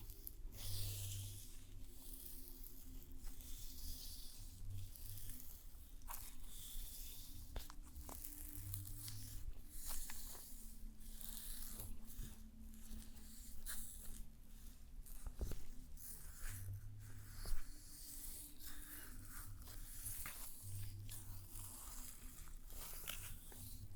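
A spa therapist works through a stone treatment: soft rubbing, brushing and squishy rustles come in frequent short strokes over a steady low hum. Gentle low thumps recur about every four seconds, with a sharper click near 17 seconds.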